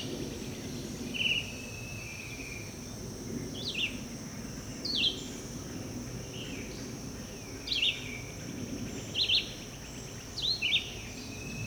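Red-eyed vireo phrases, brief whistled slurs repeated irregularly, over low rumbling background noise and a steady high hum.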